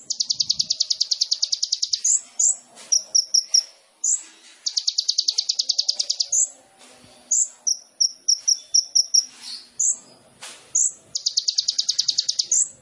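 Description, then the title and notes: Sunbird song: fast buzzy trills of very high rapid notes alternating with short sharp chips and slurred whistles, repeated throughout. Indonesian masteran training recording for songbirds; song with fills (isian) and shots (tembakan), described as gacor and suited as a lure (pancingan). "MASTERAN KOLIBRI NINJA FULL ISIAN DAN TEMBAKAN COCOK BUAT PANCINGAN. Suara Burung Kolibri Ninja Gacor"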